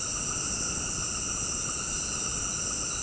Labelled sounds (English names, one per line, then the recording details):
none
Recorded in dense forest near Puerto Asís, Putumayo, Colombia, on 19 February 2024 at 18:30
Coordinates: 0.486, -76.316
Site G6437